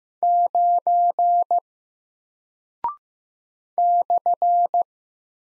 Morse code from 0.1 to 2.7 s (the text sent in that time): 9